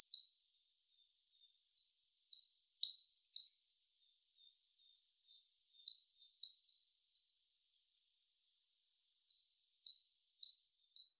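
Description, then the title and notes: Great tit singing bright, high two-note phrases, repeated three or four times per burst, in three bursts separated by short silences. "Great tit. Большая синица by deepsweet"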